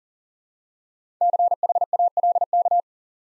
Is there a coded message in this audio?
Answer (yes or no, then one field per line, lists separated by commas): yes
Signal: Morse code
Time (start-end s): 1.2-2.8 s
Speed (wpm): 40 wpm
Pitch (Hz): 700 Hz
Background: none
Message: CHALK